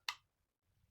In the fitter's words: and push it on until it clicks.